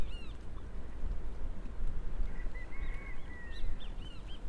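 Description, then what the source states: Yellow-chested birds calling: a few arched chirps, then a run of flat, drawn-out whistled notes and more chirps, over heavy low rumbling noise. A noisy species of yellow-chested birds recorded in St. George, Bermuda.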